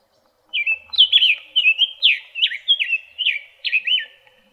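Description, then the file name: Summer tanager song, a quick series of many up-and-down whistled phrases over about four seconds, with a faint low hum beneath. Recorded in Arizona on 13 April 2008. "SUTA 8 deviche"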